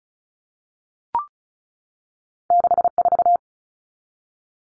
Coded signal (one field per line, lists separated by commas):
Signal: Morse code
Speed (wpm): 34 wpm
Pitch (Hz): 700 Hz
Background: none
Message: 64